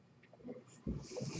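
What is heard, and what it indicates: Faint room noise gives way to a sudden low whooshing surge with a steady airy hiss, like a machine pushing a breath of air. It is the sound of a home mechanical ventilator delivering a breath.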